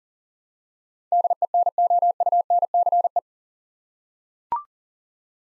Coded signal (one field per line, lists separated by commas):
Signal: Morse code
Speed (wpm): 40 wpm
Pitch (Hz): 700 Hz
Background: none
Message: DENOUNCE